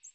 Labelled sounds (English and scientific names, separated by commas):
American Redstart (Setophaga ruticilla) flight call